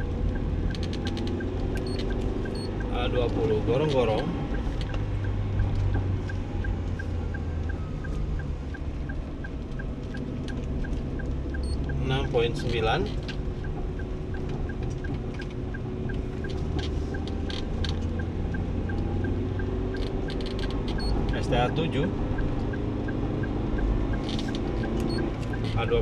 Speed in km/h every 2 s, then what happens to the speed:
44, 42, 40, 37, 35, 34, 38, 40, 44, 45, 49, 48, 45.
0-9 slows to 34. 9-20 speeds up to 49. 20-26 steady at about 48.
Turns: 6-11, 11-16.